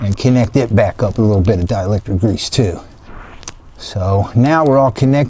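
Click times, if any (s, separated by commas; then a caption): 3.5 s. On a 1967–72 Chevy or GMC truck with a tilt or standard steering column, the turn signal switch's plastic electrical connector is pushed into the column wiring pigtail hanging underneath, after a little dielectric grease is applied. Someone talks, then there is a sharp, short click at 3.5 s as the connector seats, and the talking resumes.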